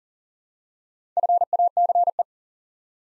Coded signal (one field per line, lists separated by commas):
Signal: Morse code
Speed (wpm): 42 wpm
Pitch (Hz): 700 Hz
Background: none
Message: FACE